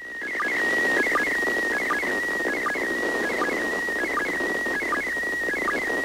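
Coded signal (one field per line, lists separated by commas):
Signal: SSTV (slow-scan television)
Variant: PD180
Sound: steady high whistle with brief regular chirps dropping lower, about every 0.75 s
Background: radio static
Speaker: They sent a total of 12 different photos, during the operational period.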